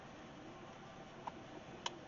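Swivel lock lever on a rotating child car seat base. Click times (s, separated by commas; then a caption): 1.3 s, 1.9 s. The release lever on the swivel lock of a rotating child car seat base is squeezed to unlock the rotation so the seat can turn toward the door. Two short, sharp ticks sound at 1.3 s and 1.9 s, the second louder, over a steady low background hiss. The swivel lock releases.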